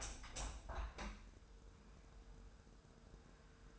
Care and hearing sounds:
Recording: daily activity, microphone in the room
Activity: open window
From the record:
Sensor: 2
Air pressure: 999.7 hPa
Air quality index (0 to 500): 224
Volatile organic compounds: 54 ppm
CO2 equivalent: 3343 ppm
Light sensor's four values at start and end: 8/19/8/8 and 8/20/8/8

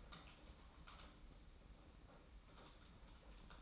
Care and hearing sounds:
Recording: daily activity, microphone in the room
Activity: typing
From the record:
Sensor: 1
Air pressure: 991.7 hPa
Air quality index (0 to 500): 173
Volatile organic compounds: 1000 ppm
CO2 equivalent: 6550 ppm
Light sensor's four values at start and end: 29/100/38/39 and 29/100/38/39

